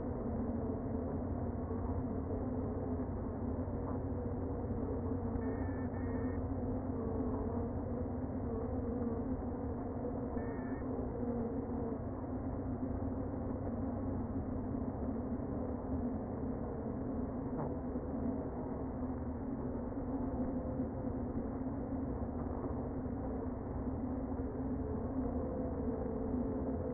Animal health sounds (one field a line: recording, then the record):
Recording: honeybee colony, microphone inside the hive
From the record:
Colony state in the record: queen present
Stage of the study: before two queens were removed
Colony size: about 60,000 bees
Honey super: yes